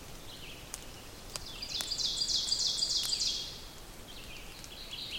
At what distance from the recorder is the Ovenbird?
about 45 m